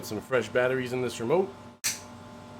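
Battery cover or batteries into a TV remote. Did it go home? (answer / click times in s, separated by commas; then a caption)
no / none. Someone talks while handling a TV remote that has just had fresh batteries put in, with its plastic battery cover or battery about to be pushed home. The speech stops, and after a brief near-silence a short, sharp burst is heard, followed by low steady background noise. The cover has not seated or clicked in yet.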